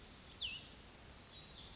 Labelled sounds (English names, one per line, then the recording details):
Cassin's Vireo
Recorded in Sonoma County, California